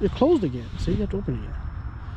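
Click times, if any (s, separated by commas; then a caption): none. Someone talks while the wire bail arm on a spinning fishing reel is handled, about to be flipped to the open position before casting. The clip ends before the bail latches open; nothing has clicked or seated yet.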